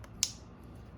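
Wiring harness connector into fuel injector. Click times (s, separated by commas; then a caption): 0.2 s. A plastic wiring harness connector is pushed onto its fuel injector socket, with the tab oriented correctly so it can't go in backwards, until it latches. After a faint tick near the start, a single sharp, bright click is heard at 0.2 s over a low steady hum. The connector is confirmed seated.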